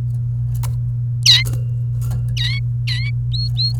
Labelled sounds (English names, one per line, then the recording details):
Domestic Canary song
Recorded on 28 April 2018 at 11:17
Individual llb3